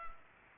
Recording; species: mosquito wingbeat signal from an infrared sensor; Culex pipiens